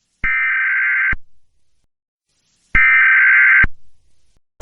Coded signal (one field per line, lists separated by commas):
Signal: Emergency Alert System (SAME) tones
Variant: header bursts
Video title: EAS Scenario | DONT LOOK AT THE SKY |